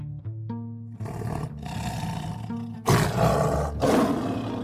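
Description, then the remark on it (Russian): A big cat roars with a deep, throaty rumble that swells in strength, ending in two loud, harsh bursts of roaring as it crouches to pounce in a cramped workshop; no one speaks. “Кошка прижалась к полу, готовясь к прыжку. Мышцы напряглись. Рык стал громче, горловым, почти оглушающим в тесной мастерской.”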